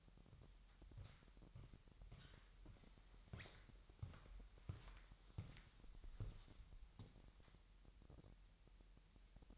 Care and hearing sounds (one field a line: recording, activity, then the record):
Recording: daily activity, microphone in the room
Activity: walk to room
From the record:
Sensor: 3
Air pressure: 1002.0 hPa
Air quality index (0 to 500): 247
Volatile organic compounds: 48 ppm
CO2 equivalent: 3273 ppm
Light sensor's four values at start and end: 8/19/8/8 and 7/17/7/7